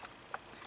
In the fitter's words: and that unlocks it